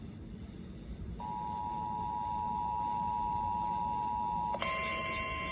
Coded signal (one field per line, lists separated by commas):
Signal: Emergency Alert System (SAME) tones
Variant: 853 and 960 Hz attention tone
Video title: NINE TWELVE WEATHER - EAS Alerts on 9/12/2022 (EAS #250-263)